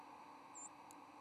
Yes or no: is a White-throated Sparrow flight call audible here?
no